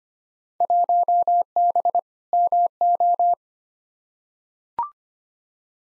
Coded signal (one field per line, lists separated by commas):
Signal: Morse code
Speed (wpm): 25 wpm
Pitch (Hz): 700 Hz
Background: none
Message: 1B MO